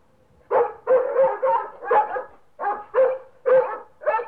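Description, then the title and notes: Dog barks after a brief quiet, a rapid series of several loud barks. "NHK Sound Effects Collection - 3-Frogs, Crickets, Cicadas, Horses, Dogs. NHK効果音集 - 3-カエル・虫・セミ・ウマ・イヌ"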